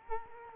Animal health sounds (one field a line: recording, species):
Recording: mosquito wingbeat signal from an infrared sensor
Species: Culex quinquefasciatus